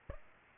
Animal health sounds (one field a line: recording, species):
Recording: mosquito wingbeat signal from an infrared sensor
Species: Aedes aegypti